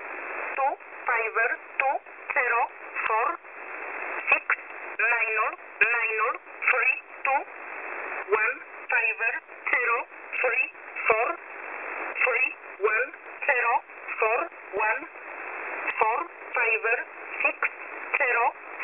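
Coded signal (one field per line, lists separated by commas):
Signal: numbers station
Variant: E11a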